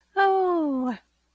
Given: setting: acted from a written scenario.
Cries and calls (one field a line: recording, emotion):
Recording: vocal sound without words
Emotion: elation